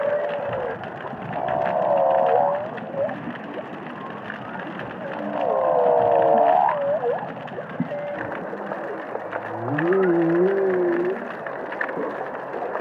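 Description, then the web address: Humpback whale song units: moaning, frequency-modulated tonal calls that rise and wobble, in three drawn-out phrases separated by pauses, over a steady hiss of background noise. "megattera"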